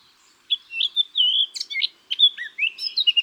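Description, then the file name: Eurasian blackcap song: a short run of clear fluty whistles and slurred notes, ending in quick repeated high chirps. "Sylvia atricapilla"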